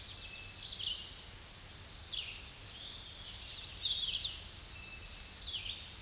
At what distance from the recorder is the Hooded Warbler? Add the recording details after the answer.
about 45 m. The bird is about 15 m above the microphone. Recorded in a Pennsylvania forest on 16 May 2024 at 07:48. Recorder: AudioMoth, point MSD-2095. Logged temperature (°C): 16.3 °C. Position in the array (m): 154 m, 107 m